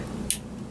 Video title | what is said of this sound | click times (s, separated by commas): Consew 206RB 5 Maintenance Video Part 2 | you can hear it click in okay for | 0.3 s